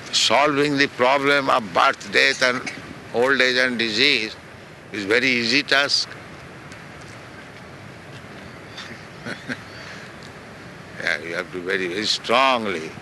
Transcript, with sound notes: solving the problem of birth, death and old age and disease is very easy task? [chuckles] You have to very, very strongly...